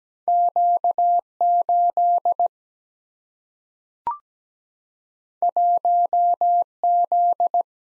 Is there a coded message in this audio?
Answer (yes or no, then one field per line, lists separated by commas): yes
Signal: Morse code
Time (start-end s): 0.3-7.6 s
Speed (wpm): 17 wpm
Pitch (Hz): 700 Hz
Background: none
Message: Q 8 1 Z